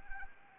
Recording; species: mosquito wingbeat signal from an infrared sensor; Anopheles arabiensis